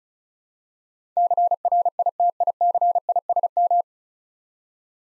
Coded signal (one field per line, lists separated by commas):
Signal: Morse code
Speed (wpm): 36 wpm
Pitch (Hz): 700 Hz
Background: none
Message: CRITICISM